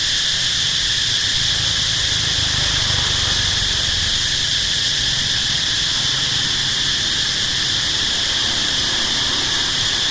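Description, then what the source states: Locust giving a constant, piercing insect drone without pauses, over a low engine-like rumble from passing traffic. Recorded at night in Siem Reap, Cambodia, with traffic passing.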